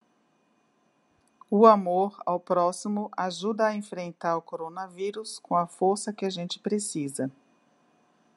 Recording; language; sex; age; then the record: spoken sentence; Brazilian Portuguese; female; 50 to 59 years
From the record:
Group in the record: control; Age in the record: 58 years